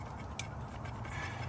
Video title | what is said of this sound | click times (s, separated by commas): Knock Sensor Replacement (Toyota 4Runner 3.4L TRD Supercharged V6 5VZ-FE) (P0325) | Heard that click, that's good. | 0.4 s